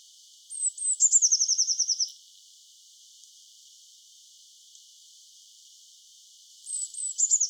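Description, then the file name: Eurasian blue tit singing a pair of sharp high notes followed by a rapid trill, then starting the same phrase again about six seconds later. "Cyanistes caeruleus"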